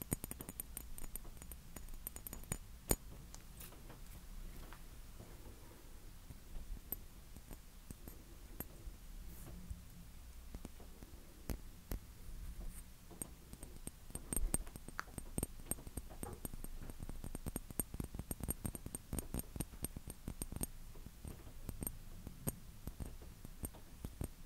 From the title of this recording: Tapping & Scratching